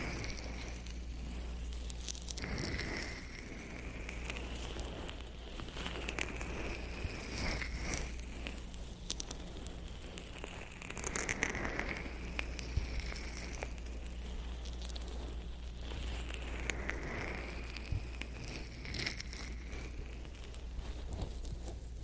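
Wooden ear pick scraping and brushing, steady dense crackly rustling with sweeping strokes every few seconds over a low constant hum.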